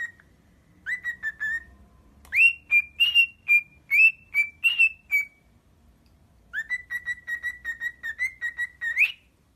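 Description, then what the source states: Cockatiel whistled song: steady runs of short, even whistled notes, a higher phrase in the middle, ending in a rising note. Cockatiels singing and whistling.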